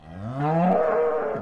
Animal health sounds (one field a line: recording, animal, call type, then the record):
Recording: contact call of a hoofed animal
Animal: cattle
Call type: low-frequency (closed-mouth) or high-frequency (open-mouth) call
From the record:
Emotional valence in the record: negative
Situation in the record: full separation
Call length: 1.42 s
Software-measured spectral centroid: 880 Hz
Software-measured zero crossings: 1090 a second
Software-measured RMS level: -23 dBFS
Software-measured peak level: -10 dBFS